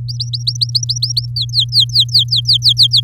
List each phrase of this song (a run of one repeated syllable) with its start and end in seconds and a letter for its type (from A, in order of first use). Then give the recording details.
0.08-1.26 A, 1.36-3.00 B. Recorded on 8 May 2018 at 19:43. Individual llb16